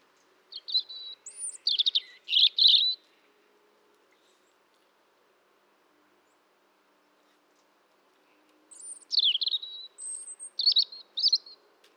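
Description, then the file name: European robin singing two short, high warbling phrases of thin, liquid notes, separated by a silent pause of about six seconds. "Erithacus rubecula"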